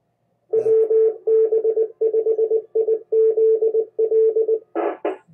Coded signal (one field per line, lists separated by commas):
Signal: Morse code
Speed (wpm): 19 wpm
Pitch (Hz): 440 Hz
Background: radio noise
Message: WB5IZL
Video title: Severe Weather Radio Net